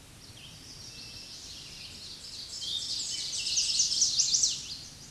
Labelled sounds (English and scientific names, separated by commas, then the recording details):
Ovenbird (Seiurus aurocapilla) song
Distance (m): 25 m
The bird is about level with the microphone
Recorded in a Pennsylvania forest on 16 May 2024 at 06:24
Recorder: AudioMoth, point MSD-2166
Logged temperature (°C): 16.3 °C
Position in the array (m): 135 m, 5 m